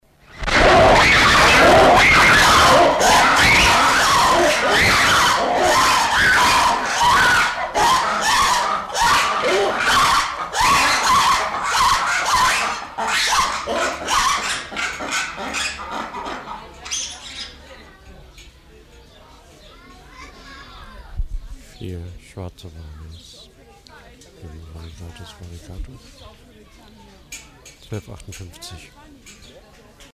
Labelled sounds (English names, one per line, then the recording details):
Black-and-white Ruffed Lemur call
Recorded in captivity
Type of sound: call
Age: adult
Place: Zoo Berlin, Berlin, DE
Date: 1993-06-05 12:58
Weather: 20-25 °C, sonnig
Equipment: Marantz CP 430, Sennheiser ME 80, Kopie Uher Variocord 263
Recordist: Tembrock, Günter
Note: Gruppenrufe (6 Tiere)